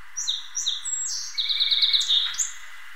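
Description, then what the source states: Song sparrow song: two or three clear introductory notes, then a rapid rattling trill and a closing jumble of bright whistled notes. Recorded at Balton Flats, Worcester, Massachusetts.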